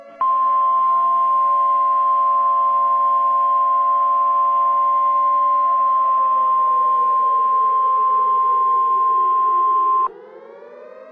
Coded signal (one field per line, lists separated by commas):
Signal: Emergency Alert System (SAME) tones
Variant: 1050 Hz attention tone